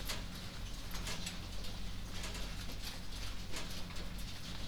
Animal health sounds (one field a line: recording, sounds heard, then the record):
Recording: poultry house recording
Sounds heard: no chicken sound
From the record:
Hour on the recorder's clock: 22